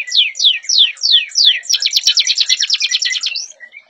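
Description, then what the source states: Atlantic canary song: five clear downward-sweeping whistles, then a rapid, even chattering trill that fades at the end. Canary song in the "kalitan" style, "gaya gela gelo" variant, labelled by the source as wrong ("salah").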